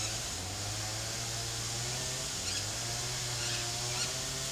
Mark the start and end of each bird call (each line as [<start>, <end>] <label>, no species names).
[2.44, 2.65] bird call
[3.40, 3.63] bird call
[3.89, 4.09] bird call